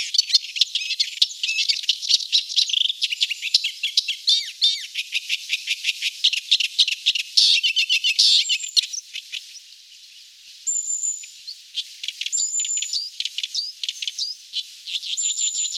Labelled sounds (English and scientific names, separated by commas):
Thick-billed Warbler (Iduna aedon) song